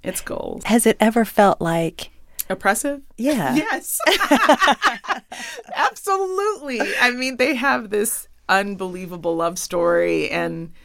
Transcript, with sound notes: it's goals.
Has it ever felt, like...
Oppressive?
Yeah.
Yes.
(LAUGHTER)
Absolutely. I mean, they have this unbelievable love story.